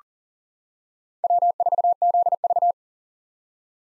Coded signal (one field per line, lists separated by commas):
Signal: Morse code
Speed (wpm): 40 wpm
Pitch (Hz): 700 Hz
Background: none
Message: W4ZV